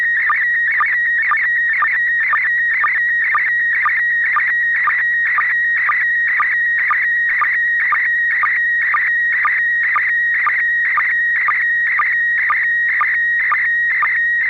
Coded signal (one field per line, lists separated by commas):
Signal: SSTV (slow-scan television)